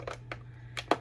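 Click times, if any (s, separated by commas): 0.3 s, 0.9 s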